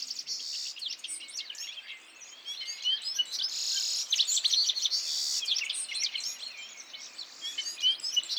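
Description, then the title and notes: Citril finches singing together in fast, high twittering phrases, with buzzy trilled bursts at intervals and sharp chirps overlapping throughout. Males singing in a flock before females, end of winter, 17 March 2017, Vallon de Combeau, Drôme, France, mountains; recorded with Nagra Seven and Telinga P7. "Printemps de Venturon. 17 mars 2017-Vallon de Combeau - Drôme. le chant du Venturon montagnard ( Serinus citrinella)"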